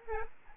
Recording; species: mosquito wingbeat signal from an infrared sensor; Anopheles gambiae